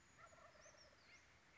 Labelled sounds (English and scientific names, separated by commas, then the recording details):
Brown Creeper (Certhia americana)
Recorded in Sonoma County, California